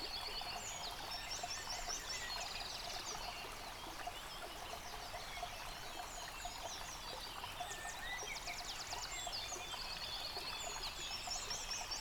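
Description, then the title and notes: Birds in chorus: repeated trills, chirps and short whistled phrases from several singers, with running water rushing steadily beneath. Bird chorus recorded beside a stream at Dlouhý Důl, Krásná Lípa, Czechia, on a ZOOM H6 recorder. "Dlouhý Důl 14, 407 47 Krásná Lípa, Czechia - Ptáci a potok. Ptačí sněm snímaný u potoka.. nahráno na ZOOM H6"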